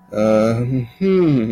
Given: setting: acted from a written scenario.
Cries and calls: vocal sound without words; guilt

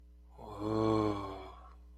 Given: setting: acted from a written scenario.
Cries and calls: vocal sound without words; awe

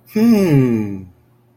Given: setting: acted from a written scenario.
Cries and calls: vocal sound without words; interest

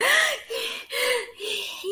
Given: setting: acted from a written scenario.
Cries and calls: vocal sound without words; elation

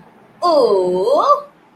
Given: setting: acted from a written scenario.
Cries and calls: vocal sound without words; adoration

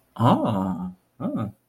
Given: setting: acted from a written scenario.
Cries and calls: vocal sound without words; interest

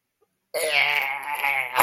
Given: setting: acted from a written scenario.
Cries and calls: vocal sound without words; disgust

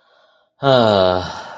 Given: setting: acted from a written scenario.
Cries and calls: vocal sound without words; distress

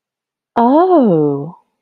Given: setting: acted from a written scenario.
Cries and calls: vocal sound without words; adoration

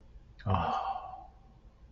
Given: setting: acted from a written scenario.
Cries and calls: vocal sound without words; contentment

